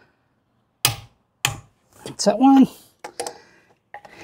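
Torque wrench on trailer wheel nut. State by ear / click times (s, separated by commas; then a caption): torque reached / 0.8 s, 1.4 s. A torque wrench on an extension tightens a wheel nut on a Jayco camper trailer, giving two sharp clicks at about 0.9 s and 1.5 s as it reaches the set torque. Someone then talks, with a few fainter knocks after, and the nut is done at the correct tightness.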